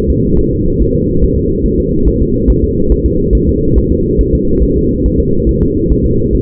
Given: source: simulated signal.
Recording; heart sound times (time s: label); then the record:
fetal heart sounds
0.10 s: S2
0.39 s: S1
0.53 s: S2
0.81 s: S1
0.96 s: S2
1.24 s: S1
1.38 s: S2
1.66 s: S1
1.80 s: S2
2.08 s: S1
2.22 s: S2
2.50 s: S1
2.64 s: S2
2.92 s: S1
3.06 s: S2
3.35 s: S1
3.49 s: S2
3.78 s: S1
3.92 s: S2
4.21 s: S1
4.35 s: S2
4.63 s: S1
4.77 s: S2
5.06 s: S1
5.20 s: S2
5.49 s: S1
5.63 s: S2
5.92 s: S1
6.06 s: S2
6.35 s: S1
From the record:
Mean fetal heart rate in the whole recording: 140 bpm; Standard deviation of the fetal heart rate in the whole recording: 2 bpm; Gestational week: 34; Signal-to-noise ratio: -15.3 dB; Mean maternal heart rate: 72 bpm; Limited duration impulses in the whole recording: present